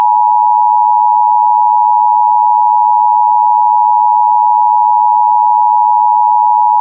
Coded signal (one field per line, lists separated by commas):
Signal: Emergency Alert System (SAME) tones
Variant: 853 and 960 Hz attention tone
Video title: Flash Flood Warning EAS Tennessee